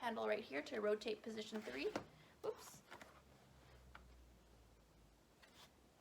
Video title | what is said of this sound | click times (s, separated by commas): Graco Extend2Fit Rear-Facing Installation with UAS | okay so it's clicked into place in position three i've got my extension panel out | 3.9 s